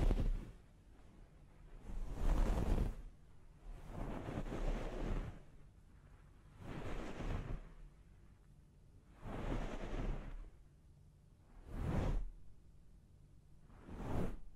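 Rhythmic scalp massage during a hair wash, with soft rushing swishes that rise and fade about every two seconds. Each stroke is a full, breathy wash of sound, some longer and some quick, separated by brief quiet gaps with a low rumble underneath.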